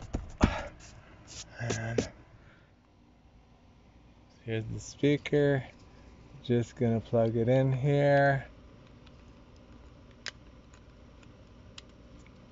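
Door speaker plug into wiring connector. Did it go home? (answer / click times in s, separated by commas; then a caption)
no / none. On a 2019–2020 Kia Sorento (possibly 2016–2018 too), a door speaker's electrical plug is being handled to go into its wiring connector while someone talks, with quiet handling noise and a couple of faint sharp ticks near 10.3 s and 11.8 s. Nothing has seated or clicked yet.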